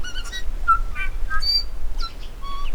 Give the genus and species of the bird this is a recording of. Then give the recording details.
Anthornis melanura. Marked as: Alarmy(twobitCUV+stutter+beware), Pipe(mid+tinystepup2), Alarmy(trainwhistle+aah), Alarmy_Pipe(high), Downhook_Flatsqueak(short), Flatsqueak(downhook). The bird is a male. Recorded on Cuvier Island, New Zealand, on 5 November 2016. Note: YoungBBMaybeWheeze